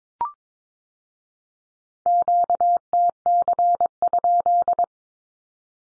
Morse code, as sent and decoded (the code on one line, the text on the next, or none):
--.- - -.-. ..--..
QTC?